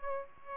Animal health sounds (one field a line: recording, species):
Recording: mosquito wingbeat signal from an infrared sensor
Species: Aedes aegypti